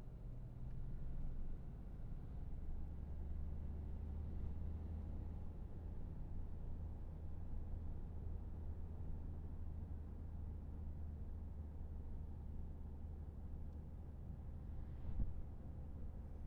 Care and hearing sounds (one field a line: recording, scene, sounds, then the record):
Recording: everyday scene through a hearing-aid microphone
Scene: in a vehicle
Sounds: engine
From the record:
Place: Berlingo II, diesel engine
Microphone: behind the ear, left, rear